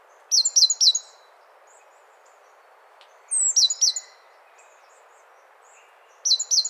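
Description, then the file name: Great tit calls: three separate bursts of high, sharp downslurred notes, each burst a rapid group of three or four, with quiet low noise between. "Parus major"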